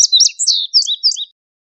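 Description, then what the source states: Indigo bunting song: high, sweet notes in quick pairs, jumping between pitches for just over a second, then silence. Recorded 22 July 2001.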